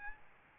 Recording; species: mosquito wingbeat signal from an infrared sensor; Aedes albopictus